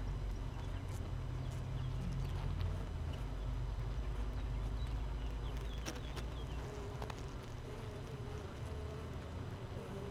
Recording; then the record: honeybee colony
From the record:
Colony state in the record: missing queen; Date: 31 May 2018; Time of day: 6:23